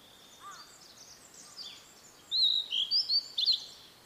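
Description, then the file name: Blue-and-white flycatcher singing one bright phrase of clear, sliding whistles that ends in a quick burst of sharp notes, after faint softer calls at the start. "oruri"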